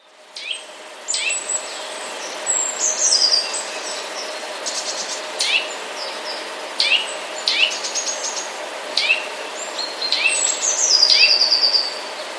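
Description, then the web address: House sparrow chirps: sharp downward-sweeping high notes repeated irregularly, several per few seconds, with a thin high trill and steady background hum. Recorded 11 September 2016. "wroblowe teka mies 11 09 2016"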